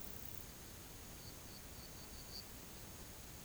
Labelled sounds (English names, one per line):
none